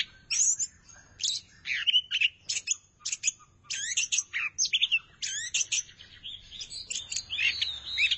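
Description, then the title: Thrush song with clipped, high whistles and scratchy chirped phrases, delivered in rapid bursts separated by short breaks. "burung anis x"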